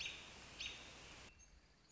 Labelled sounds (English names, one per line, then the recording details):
American Robin
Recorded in Sonoma County, California